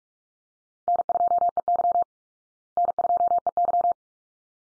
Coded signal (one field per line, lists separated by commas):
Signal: Morse code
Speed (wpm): 44 wpm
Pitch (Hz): 700 Hz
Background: none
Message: N2EY N2EY